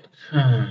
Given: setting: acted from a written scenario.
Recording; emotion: vocal sound without words; romantic love